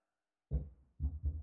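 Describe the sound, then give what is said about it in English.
Three dull, low knocks on a door, a single knock followed after a pause by two quicker ones. The thuds are heavy and muffled, with no voices around them. “That's him knocking at the door of your heart.”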